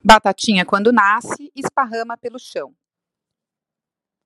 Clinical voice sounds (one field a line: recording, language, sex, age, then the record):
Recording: short text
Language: Brazilian Portuguese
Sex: female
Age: 40 to 49 years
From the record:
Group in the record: control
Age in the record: 49 years